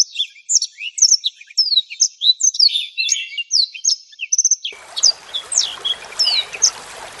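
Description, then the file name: Black-throated Canary: blackthroat song: a fast, high twittering warble of sharp chirps, slurred whistles and short trills, with a steady hiss of background noise rising in the last few seconds. "suara burung blackthroat"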